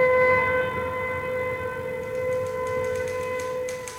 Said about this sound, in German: Ach, hört denn das nicht bald auf? Die Sirenengeheul macht einen ja ganz nervös.